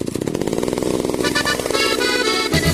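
A small two-stroke chainsaw engine runs loudly and steadily with a buzzing, raspy drone, its pitch climbing as it revs up before cutting off abruptly at the end, in an advertisement for Agrifor, a chainsaw seller in Talca.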